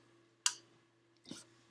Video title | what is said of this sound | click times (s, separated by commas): Oiling your valves | you hear that click now ah | 0.5 s